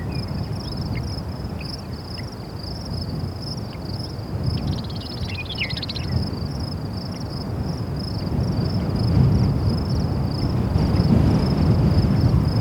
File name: felix blume nature wind strong gusts night crickets new mexico usa